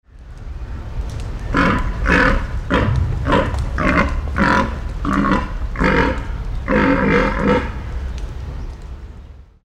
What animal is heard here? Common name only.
Père David's Deer